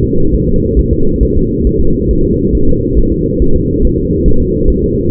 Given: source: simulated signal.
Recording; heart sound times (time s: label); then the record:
fetal heart sounds
0.04 s: S2
0.34 s: S1
0.48 s: S2
0.79 s: S1
0.93 s: S2
1.23 s: S1
1.37 s: S2
1.67 s: S1
1.81 s: S2
2.11 s: S1
2.25 s: S2
2.55 s: S1
2.69 s: S2
2.98 s: S1
3.12 s: S2
3.42 s: S1
3.56 s: S2
3.85 s: S1
3.99 s: S2
4.28 s: S1
4.42 s: S2
4.70 s: S1
4.84 s: S2
From the record:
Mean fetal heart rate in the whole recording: 140 bpm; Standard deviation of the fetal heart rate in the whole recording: 2 bpm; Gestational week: 34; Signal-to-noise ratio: -17.7 dB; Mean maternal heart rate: 72 bpm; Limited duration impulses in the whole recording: present